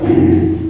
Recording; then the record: squeal of a Yucatan mini pig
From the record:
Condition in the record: before surgery on the right vocal fold (resection and tissue-engineered implant); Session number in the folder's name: 2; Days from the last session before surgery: -15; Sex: female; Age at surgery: 19 weeks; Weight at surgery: 25 kg